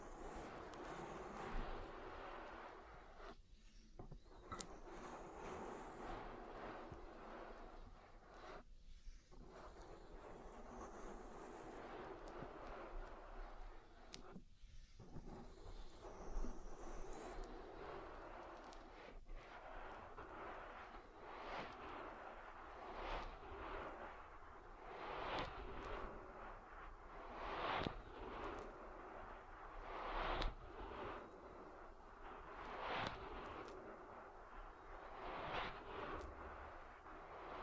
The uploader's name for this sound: Oil Ear Massage